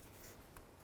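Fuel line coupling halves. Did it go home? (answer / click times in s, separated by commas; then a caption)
no / none. The two halves of a fuel line coupling on a 2005-10 Jeep Grand Cherokee, which should pop back together, are pressed together by hand during a control arm replacement. Quiet, steady handling and rubbing noise is heard, with one brief faint tick at 0.6 s. Nothing has seated or clicked yet.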